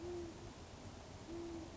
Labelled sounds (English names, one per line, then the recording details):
Great Horned Owl
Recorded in Sonoma County, California